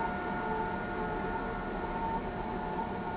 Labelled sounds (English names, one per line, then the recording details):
none
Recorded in pastures near Pivijay, Magdalena, Colombia, on 16 April 2023 at 12:30
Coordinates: 10.456, -74.369
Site P6-G026